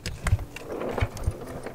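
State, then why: Not seated. A plastic interior side trim panel on a 2016+ Toyota Tacoma is handled and pressed toward the truck body panel by its retaining clips, with short knocks and rattles, the sharpest at about 0.3 s. Nothing has seated or clicked yet; the panel is not yet home.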